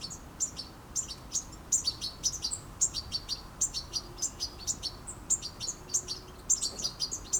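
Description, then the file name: European goldfinch giving bright, high tinkling call notes in quick irregular bursts over faint low background noise. "Carduelis carduelis"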